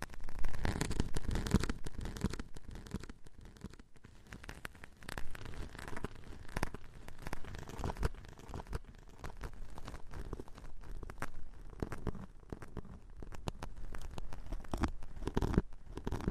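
Tapping and scratching go on without pause for the whole stretch, a dense run of quick, irregular strokes and clicks with a rough, papery crackle. The sound stays fairly even in level, with slightly heavier bursts near the start and again around the fifteen-second mark.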